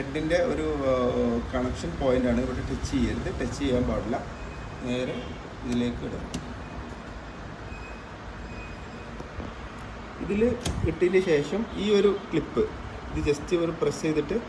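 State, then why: Not seated. A print head is placed into its carriage slot in a PVC card multipurpose printer while someone talks, with quieter handling sounds between the speech. The retaining clip has not been pressed yet, and nothing has seated or clicked in this stretch.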